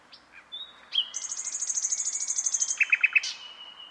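Bird calling, a fast rapid high trill of repeated notes held for about one and a half seconds, followed by four short sharp chirps over a thin steady whistle.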